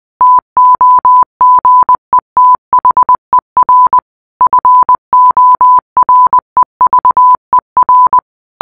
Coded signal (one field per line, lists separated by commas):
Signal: Morse code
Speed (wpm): 20 wpm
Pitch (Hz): 1000 Hz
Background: none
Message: TOGETHER FOREVER